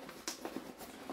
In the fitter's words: celle-là se clipse ainsi dessus.